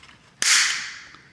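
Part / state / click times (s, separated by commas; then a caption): plastic clip on a window blind mounting bracket / seated / 0.4 s. A plastic valance clip is pressed onto the mounting bracket of a Home Decorators Collection cordless faux wood window blind. A single sharp, bright snap at 0.4 s rings out with strong high-frequency energy and fades over about a second. The clip locks on and is seated on the bracket.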